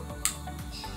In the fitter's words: I mean they're beautiful I love them that's how they snap in